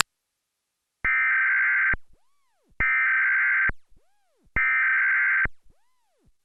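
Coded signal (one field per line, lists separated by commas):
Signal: Emergency Alert System (SAME) tones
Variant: header bursts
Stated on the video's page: National Emergency Alert System test interrupting a broadcast TV programme.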